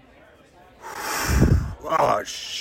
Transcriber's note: inhale